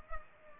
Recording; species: mosquito wingbeat signal from an infrared sensor; Culex pipiens